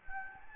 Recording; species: mosquito wingbeat signal from an infrared sensor; Anopheles gambiae